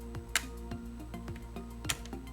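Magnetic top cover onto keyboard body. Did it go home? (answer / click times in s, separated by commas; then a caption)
yes / 0.4 s, 1.9 s. A magnetic top cover is fitted onto a LOFREE WANDERFREE keyboard body, which holds it only by magnets, with no other fastening underneath. The cover snaps on with sharp clicks at 0.4 s and 1.9 s over a steady low background hum and faint ticks. The cover is seated.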